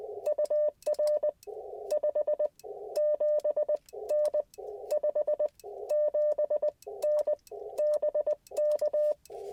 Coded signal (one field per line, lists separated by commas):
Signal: Morse code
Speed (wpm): 20 wpm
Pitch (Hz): 590 Hz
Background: none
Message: UR 57N 57N BK